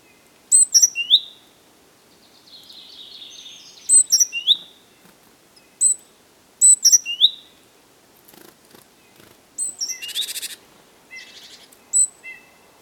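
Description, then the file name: Great tit calling with short groups of high, thin chirps, a brief soft warble near the start, then a buzzy rasping burst and scattered fainter notes toward the end. "Parus major"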